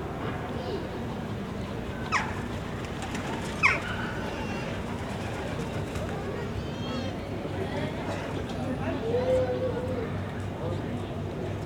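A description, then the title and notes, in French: A small-town market fills the air with a steady murmur of overlapping voices, dense. Sharp knocks or clatters stand out near two and three and a half seconds, and a brief high chirp, perhaps a bird, sounds around nine seconds. Impression sonore du marché de la petite ville de Auneau réalisée à partir des enregistrements de Nicolas Dubois (© Sound Fishing).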